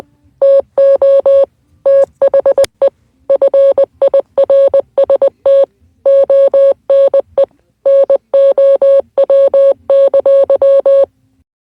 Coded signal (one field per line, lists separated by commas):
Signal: Morse code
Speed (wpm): 20 wpm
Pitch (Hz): 550 Hz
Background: none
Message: TO THE FIRST ONE NOW!